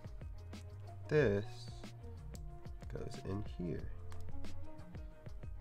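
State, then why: Not seated. A plastic model kit part is handled and brought toward its socket on the inner frame of a large RX-78-2 robot model, with light plastic taps and clicks over background music while someone talks. Nothing has seated or snapped into place yet.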